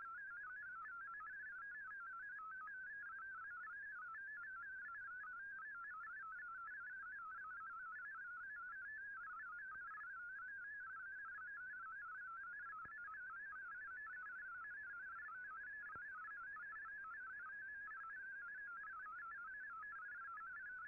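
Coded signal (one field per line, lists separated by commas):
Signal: multi-tone FSK (Olivia or MFSK type)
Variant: MFSK32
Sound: rapid warbling single tone hopping between pitches, continuous for twenty seconds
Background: radio static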